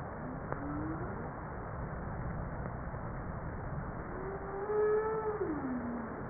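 Humpback whale calls: a short rising sweep, then a long wavering tone that bends downward at its end, set against constant underwater noise.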